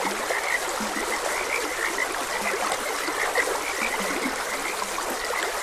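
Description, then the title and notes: Frogs giving brief high chirping croaks, with a few deeper low croaks, against the constant hiss of flowing water. Frogs croaking beside a gentle stream. "Frogs Croaking. Sleep and Relaxation Podcast"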